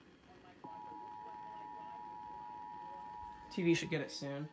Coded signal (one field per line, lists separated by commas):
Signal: Emergency Alert System (SAME) tones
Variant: 853 and 960 Hz attention tone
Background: speech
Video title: National EAS Test 2019 - NPT